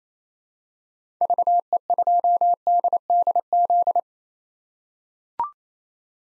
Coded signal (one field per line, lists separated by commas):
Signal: Morse code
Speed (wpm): 28 wpm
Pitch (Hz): 700 Hz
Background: none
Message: VE2DDZ